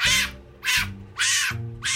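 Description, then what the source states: Fennec fox screaming: four harsh, noisy, high-pitched bursts separated by short gaps, the last one cut off. Fennec fox, a desert fox, screaming and wailing at high pitches with an erratic, screamy, unhinged sound; recorded as one ingredient for the Indominus dinosaur voice in Jurassic World.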